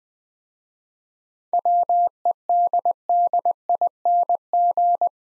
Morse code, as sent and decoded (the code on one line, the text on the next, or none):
.-- . -.. -.. .. -. --.
WEDDING